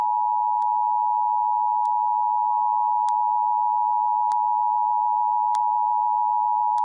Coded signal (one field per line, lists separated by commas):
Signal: Emergency Alert System (SAME) tones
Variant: 853 and 960 Hz attention tone